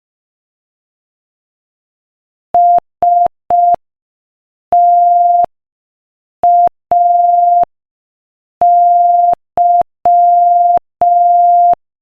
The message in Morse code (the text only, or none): STAY